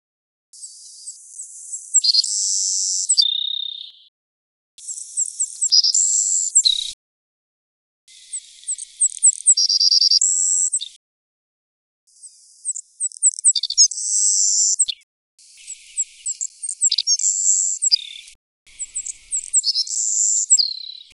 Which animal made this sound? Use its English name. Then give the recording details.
Savannah Sparrow. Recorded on Kent Island, New Brunswick, in 2008